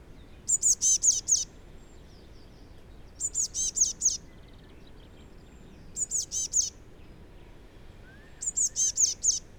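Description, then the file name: Eurasian blue tit repeating short bursts of four or five high, sharp notes every few seconds, with faint background hiss. "Cyanistes caeruleus"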